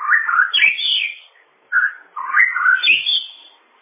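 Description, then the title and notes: Bird song: a few loud, rich warbling phrases that sweep up and down, separated by brief gaps. "Bird Sound. Kicau Burung Lengkap"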